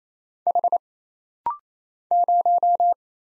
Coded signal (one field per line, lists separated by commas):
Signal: Morse code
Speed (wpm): 27 wpm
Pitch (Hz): 700 Hz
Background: none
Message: H 0